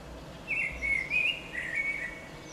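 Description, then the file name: Common blackbird song phrase, a smooth mellow whistle wavering up and down, followed by a quieter falling warble, over a low background hiss. "Koltrast"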